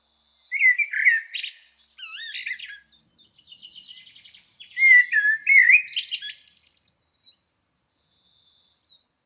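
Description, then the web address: Blackbird singing fluty, wavering whistled phrases followed by higher scratchy twitters, two phrases with a quiet gap between them. "Environmental chamber testing blackbird"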